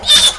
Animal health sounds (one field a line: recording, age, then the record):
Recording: pig call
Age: piglet (1 to 25 days)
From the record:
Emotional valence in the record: negative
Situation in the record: crushing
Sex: female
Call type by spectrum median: high-frequency call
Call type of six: high-frequency stable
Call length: 0.39 s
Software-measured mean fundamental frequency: 326 Hz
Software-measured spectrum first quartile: 3443 Hz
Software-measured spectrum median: 4296 Hz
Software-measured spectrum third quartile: 8083 Hz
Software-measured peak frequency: 3569 Hz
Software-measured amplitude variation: 138 dB a second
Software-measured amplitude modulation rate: 10.4 a second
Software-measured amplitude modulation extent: 13.3 dB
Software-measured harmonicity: 5.5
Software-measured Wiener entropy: -2.14